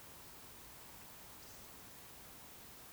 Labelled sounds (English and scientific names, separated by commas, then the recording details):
Eurasian Woodcock (Scolopax rusticola) whistle
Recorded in Baden-Württemberg, Germany, on 16 June 2020 at 20:31 UTC
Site 45520, 595 m above sea level